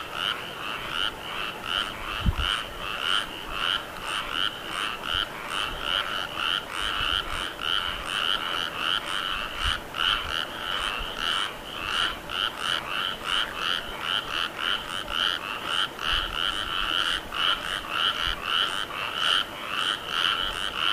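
Frogs call in a dense, steady chorus of rapid, bright pulsing croaks throughout, with a couple of brief low thumps early on.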